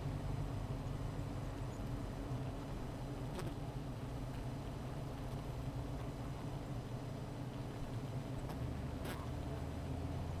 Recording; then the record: honeybee colony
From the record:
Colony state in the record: missing queen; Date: 14 July 2017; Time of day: 15:38